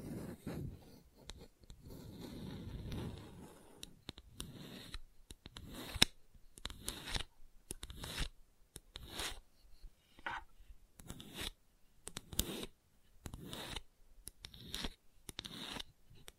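Gentle scratching comes in short, bright, papery strokes, repeating roughly every second with brief quiet gaps between them. The first few seconds carry a soft, low rumbling rub under the strokes, after which the scratches stand alone at an even, unhurried pace.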